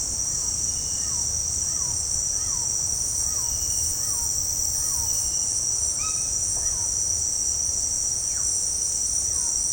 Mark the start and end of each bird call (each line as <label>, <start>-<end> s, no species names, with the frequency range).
bird call (0.7-2.2 kHz), 0.32-5.10 s
bird call (0.7-4.2 kHz), 5.97-6.34 s
bird call (0.7-2.9 kHz), 8.26-8.44 s
bird call (0.6-2.2 kHz), 9.25-9.57 s